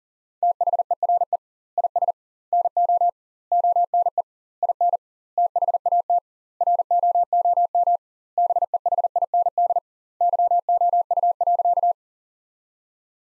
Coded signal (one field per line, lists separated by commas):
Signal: Morse code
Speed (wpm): 40 wpm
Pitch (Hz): 700 Hz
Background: none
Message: THERE IS NO ONE IN THAT ROOM BEHIND YOU.